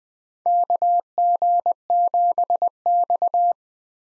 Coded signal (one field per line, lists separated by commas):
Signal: Morse code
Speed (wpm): 21 wpm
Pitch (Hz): 700 Hz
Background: none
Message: KG7X